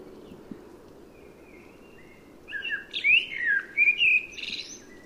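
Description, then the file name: Common blackbird song: after a quiet start and a faint thin whistle, a full warbled phrase of fluted notes rises into a scratchy, high-pitched twittering ending. "Turdus merula"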